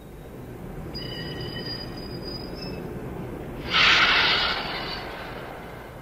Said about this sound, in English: This is a train. It's a French train. Is it a big train? No, it's not. It's a small train. Where is the train? It's at the station.